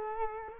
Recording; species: mosquito wingbeat signal from an infrared sensor; Culex quinquefasciatus